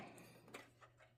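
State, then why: Not seated. A CPU power cable plug is handled inside a cramped Cooler Master Q300L V2 Micro-ATX tower, lined up and rotated toward the CPU power header on an ASRock B760M Riptide motherboard. Soft handling noises sit over a steady low hum, with brief taps near 0.2 s and 0.6 s. Nothing has seated or clicked yet.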